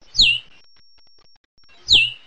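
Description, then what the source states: Hutton's vireo calls: two sharp, high downslurred notes, each dropping quickly then levelling, with a low thump beneath each one. Recorded in northwest California.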